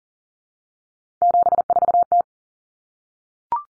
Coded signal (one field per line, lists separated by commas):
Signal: Morse code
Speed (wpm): 40 wpm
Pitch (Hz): 700 Hz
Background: none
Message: 74T